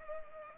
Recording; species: mosquito wingbeat signal from an infrared sensor; Culex pipiens